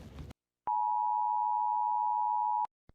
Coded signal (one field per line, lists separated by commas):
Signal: Emergency Alert System (SAME) tones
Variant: 853 and 960 Hz attention tone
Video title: Rating EAS alarms from your country’s ￼